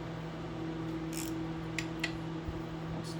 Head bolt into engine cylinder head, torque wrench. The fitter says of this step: sure you guys heard the torque wrench click that's